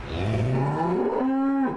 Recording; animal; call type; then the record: contact call of a hoofed animal; cattle; low-frequency (closed-mouth) or high-frequency (open-mouth) call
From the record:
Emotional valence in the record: negative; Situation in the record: full separation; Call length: 1.77 s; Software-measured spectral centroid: 1130 Hz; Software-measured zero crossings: 920 a second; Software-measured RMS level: -24 dBFS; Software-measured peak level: -13 dBFS